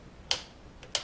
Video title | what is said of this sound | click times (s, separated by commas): Henry All Weather 45-70 Review Model H010AW | and it locks into place very firmly you can hear it | 0.3 s, 0.9 s